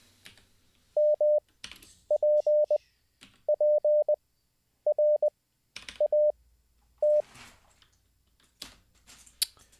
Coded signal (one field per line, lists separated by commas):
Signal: Morse code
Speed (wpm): 20 wpm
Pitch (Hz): 600 Hz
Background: none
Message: MPPRAT